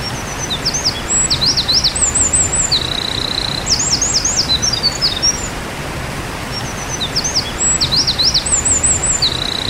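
Winter wren calling with rapid high zigzag notes and a brief level buzzy note, bursts repeating throughout over a constant low rumble.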